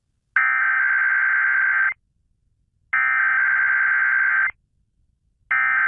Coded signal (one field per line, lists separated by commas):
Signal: Emergency Alert System (SAME) tones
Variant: header bursts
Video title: EAS 189: KDKA Test for January 8, 2023